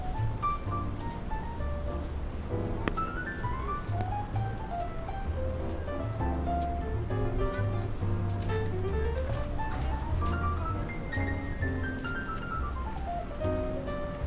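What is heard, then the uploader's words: Steady rain falls throughout while a melody of sustained notes moves up and down over deep bass tones, holding an even loudness. Raining Day In New York.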